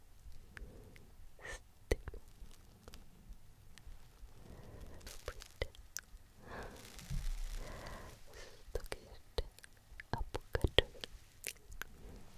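Soft unintelligible whispering with frequent sharp taps and brushing strokes, busiest between six and eight seconds.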